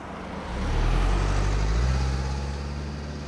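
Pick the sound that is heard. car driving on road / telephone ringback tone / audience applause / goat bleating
car driving on road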